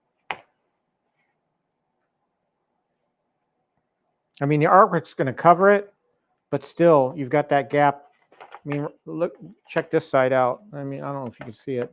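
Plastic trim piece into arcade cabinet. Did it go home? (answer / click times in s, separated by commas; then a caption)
yes / 0.3 s. A plastic trim piece is worked into an arcade cabinet between the side pieces and snaps into place with one sharp snap at 0.3 s, seating it. After a quiet pause, someone talks.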